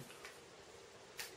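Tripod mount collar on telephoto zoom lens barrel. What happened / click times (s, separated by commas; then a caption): The rotating collar clicked into its detent / 0.2 s, 1.2 s. The rotating tripod mount collar on a Sigma 150-600mm F5-6.3 DG OS HSM Sport telephoto zoom lens barrel is turned until it clicks into its 90-degree detent position. A faint click is heard at 0.2 s, followed by a sharper, louder click at 1.2 s, confirming the collar has seated at the detent.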